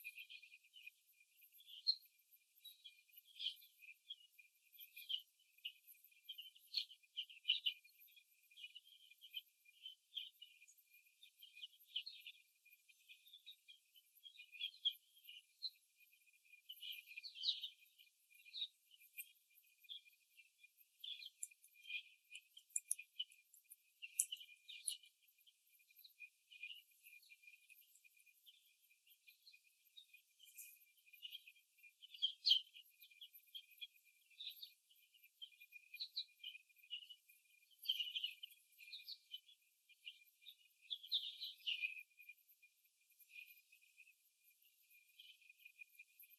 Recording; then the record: young laying hens in a cage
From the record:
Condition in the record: before the stressor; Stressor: simulated dog barking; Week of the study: 3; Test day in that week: 1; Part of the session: 2